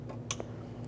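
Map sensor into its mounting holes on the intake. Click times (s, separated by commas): 0.3 s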